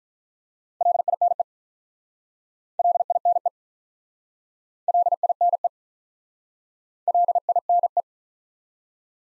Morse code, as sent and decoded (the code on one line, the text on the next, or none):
.-.. .. -. . / .-.. .. -. . / .-.. .. -. . / .-.. .. -. .
LINE LINE LINE LINE